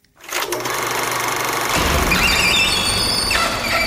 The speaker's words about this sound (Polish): Właśnie tam przynajmniej raz w miesiącu mieszkańcy sami organizują sobie seanse filmowe w bramie kamienicy. Bardzo skrzypiąca brama to wizytówka tego miejsca nawet w czasie seansów.